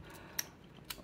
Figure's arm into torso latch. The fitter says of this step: 手臂放进来，这边会刚好有一个卡扣可以扣住。